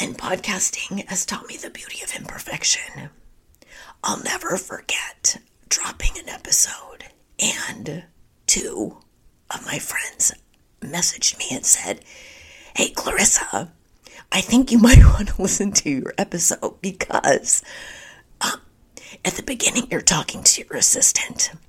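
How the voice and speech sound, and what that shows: Adult woman speaking in a largely whispery, breathy, hoarse voice that sounds like laryngitis, with intermittent moments of clearer voicing and frequent pauses. Spasmodic dysphonia, a vocal condition she is working through.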